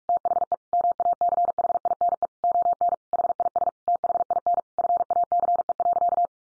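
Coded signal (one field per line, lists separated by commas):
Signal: Morse code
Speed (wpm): 46 wpm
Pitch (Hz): 700 Hz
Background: none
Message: THE MACHINE ON HIS THIN FACE.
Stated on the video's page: Morse head-copy sentence practice drill at 45 wpm.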